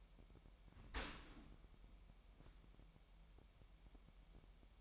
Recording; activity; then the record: daily activity, microphone in the room; open dishwasher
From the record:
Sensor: 1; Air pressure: 998.4 hPa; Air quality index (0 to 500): 137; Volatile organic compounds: 4 ppm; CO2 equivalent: 1644 ppm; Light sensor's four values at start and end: 16/56/22/23 and 16/56/22/23